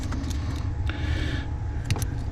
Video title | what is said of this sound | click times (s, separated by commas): LMC5 C5 Corvette Steering Wheel Lock Out Module Install - SUPER EASY! | and you can hear them click in so this connector is done | 0.9 s, 1.9 s